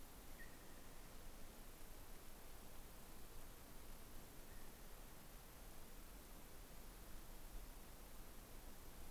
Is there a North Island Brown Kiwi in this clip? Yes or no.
no